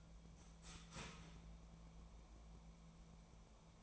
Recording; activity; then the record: daily activity, microphone in the room; start toaster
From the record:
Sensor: 1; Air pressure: 1000.3 hPa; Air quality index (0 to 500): 156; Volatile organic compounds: 3 ppm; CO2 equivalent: 1460 ppm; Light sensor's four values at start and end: 28/71/30/36 and 28/71/30/35